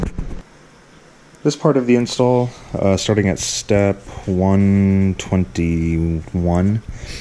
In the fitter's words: air intake manifold air temperature right here on the intake manifold pops right in this